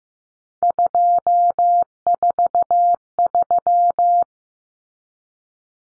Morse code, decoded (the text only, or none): 243